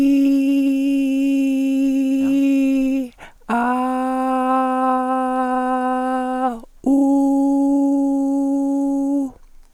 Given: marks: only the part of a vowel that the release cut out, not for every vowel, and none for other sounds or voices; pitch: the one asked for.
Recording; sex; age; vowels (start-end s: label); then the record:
sustained vowels; female; 50 to 59 years
0.00-2.00 s: vowel /i/, normal pitch
4.10-6.07 s: vowel /a/, normal pitch
7.27-8.95 s: vowel /u/, normal pitch
From the record:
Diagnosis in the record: recurrent laryngeal nerve paralysis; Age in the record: 51 years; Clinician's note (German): Alte rechts mit Kompensation; geringe Bewegungseinschrängkung